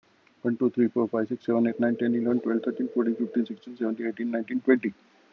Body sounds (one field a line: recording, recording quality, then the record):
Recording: counting at a fast pace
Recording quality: excellent, no background noise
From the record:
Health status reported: COVID-19 positive, mild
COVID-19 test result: positive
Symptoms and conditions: fever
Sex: male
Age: 55 years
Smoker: not ticked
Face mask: worn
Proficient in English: yes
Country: India